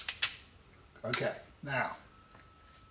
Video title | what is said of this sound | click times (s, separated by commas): Crossbow Reviews - Horton Storm, 10 Point Turbo, Bowtech Striker, Excalibur, Parker Thunder Hawk | so and then just keep on coming you're going to hear the click when it goes back on the safety | 0.2 s